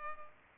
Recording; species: mosquito wingbeat signal from an infrared sensor; Culex pipiens